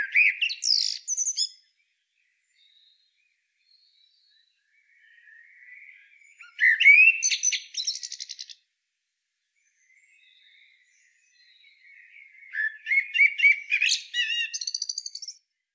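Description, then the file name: Common blackbird song in three phrases, the last two each a quiet mellow warble running into harsh, high squeaky twittering, separated by several seconds of silence. "Turdus merula"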